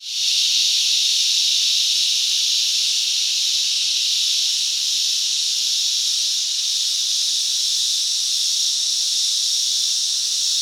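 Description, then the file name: Cicadas and crickets give a continuous high, shimmering drone that swells in at the start and then stays level and unbroken to the end. Summer day in Australia. "zapsplat animals insects cicada crickets summer day australia"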